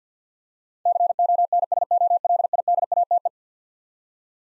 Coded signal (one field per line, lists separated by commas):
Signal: Morse code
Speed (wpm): 45 wpm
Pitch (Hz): 700 Hz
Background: none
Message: CONSOLIDATE